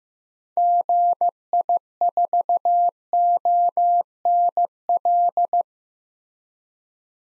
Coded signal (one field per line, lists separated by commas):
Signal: Morse code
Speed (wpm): 15 wpm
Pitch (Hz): 700 Hz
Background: none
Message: GI4ONL